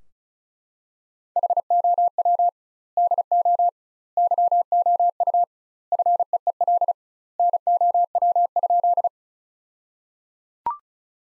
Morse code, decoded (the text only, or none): HOW DO YOU FEEL NOW?